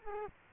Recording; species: mosquito wingbeat signal from an infrared sensor; Culex quinquefasciatus